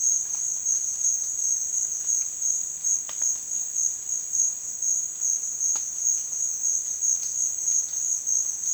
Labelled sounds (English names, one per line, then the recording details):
none
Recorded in dense forest near Puerto Asís, Putumayo, Colombia, on 29 June 2025 at 14:00
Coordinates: 0.466, -76.327
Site GP04